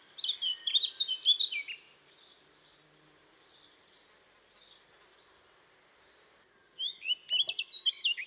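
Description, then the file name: Eurasian blackcap warbling in two lively bursts of rapid, varied high notes, one at the start and one at the end, with a quiet pause between them. "Sylvia atricapilla"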